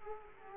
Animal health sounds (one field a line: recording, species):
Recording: mosquito wingbeat signal from an infrared sensor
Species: Culex quinquefasciatus